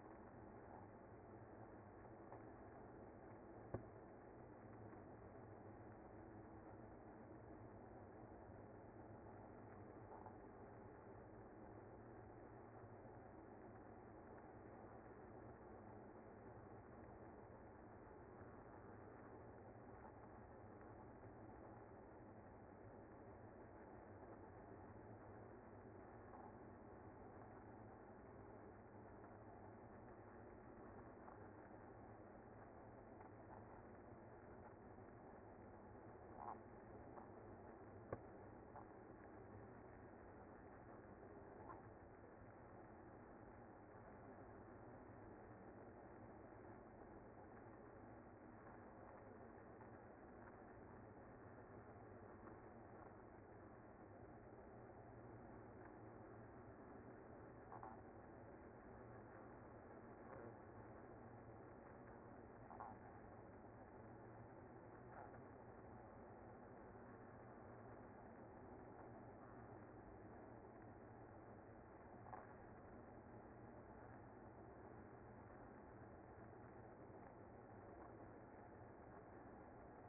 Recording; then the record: honeybee colony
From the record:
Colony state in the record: active